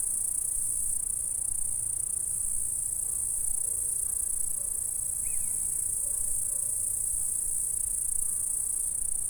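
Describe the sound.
Insect stridulation forms a constant high shimmering hiss, while a few faint soft notes and one brief higher chirp sound in the background.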